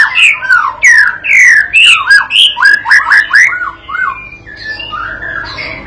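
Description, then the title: White-rumped shama song of loud, rapid, rhythmic whistled phrases, then softer notes toward the end. Lure master recording (masteran pancingan) played back to teach young birds to sing persistently (gacor); said to draw an immediate response. "MURAI BATU PAUD BELAJAR GACOR, AJARI DENGAN MASTERAN PANCINGAN INI, PANCING LANGSUNG NYAUT"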